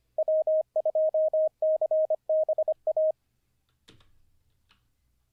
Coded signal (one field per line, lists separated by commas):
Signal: Morse code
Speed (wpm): 25 wpm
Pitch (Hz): 630 Hz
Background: none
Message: W2CBA